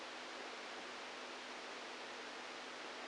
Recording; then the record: brain microelectrode recording played as sound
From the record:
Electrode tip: outside the subthalamic nucleus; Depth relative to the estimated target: 3 mm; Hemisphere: right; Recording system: NeuroSet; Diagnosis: Parkinson's disease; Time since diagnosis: 27 years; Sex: male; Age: 62 years